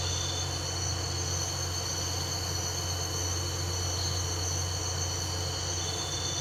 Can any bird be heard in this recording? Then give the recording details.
no. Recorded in pastures near Puerto Asís, Putumayo, Colombia, on 13 March 2025 at 03:30. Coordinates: 0.466, -76.322. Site CSA-02